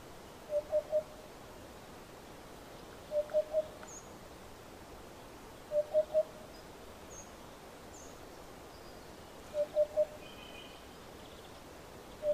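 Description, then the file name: Eurasian hoopoe repeating its triple hollow hoot, poo-poo-poo, every few seconds, four full phrases and the start of a fifth, with faint bird chirps above. "Abubilla"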